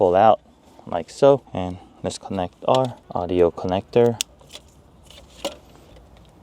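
Someone talks while a connector behind the radio of a Lexus GX 460 dashboard is unplugged by pressing down its release tab and pulling it out, and the audio harness connector is then brought to the radio/screen connector. A few short, faint handling knocks and rattles follow after the talking. Nothing has seated or clicked yet.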